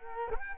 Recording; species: mosquito wingbeat signal from an infrared sensor; Culex quinquefasciatus